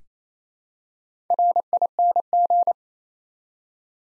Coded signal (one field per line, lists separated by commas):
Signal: Morse code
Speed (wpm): 29 wpm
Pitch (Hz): 700 Hz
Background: none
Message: RING